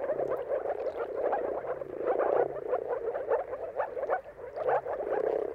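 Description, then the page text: Moor frogs in a thick chorus of soft, hollow bubbling calls, overlapping throughout, swelling slightly in the middle. Moor frogs giving mating calls in a chorus at sunrise, around the turn of March and April depending on the weather. "Dawn’s Chorus: Mating Calls of Marsh Frogs at Sunrise. Depending on the weather at the turn of March and April, you can witness an amazing spectacle of moor frogs. Jakub Orzecki"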